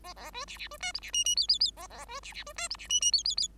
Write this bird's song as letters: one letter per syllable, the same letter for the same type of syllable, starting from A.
A A B C C B D E C F F G G G A A B C C B D E C F F G G G